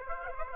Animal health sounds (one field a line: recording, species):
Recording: mosquito wingbeat signal from an infrared sensor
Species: Aedes aegypti